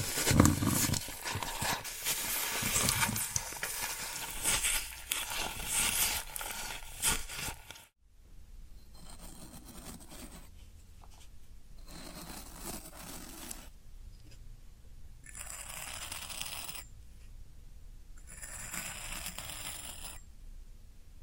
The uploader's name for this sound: Floral Foam Sounds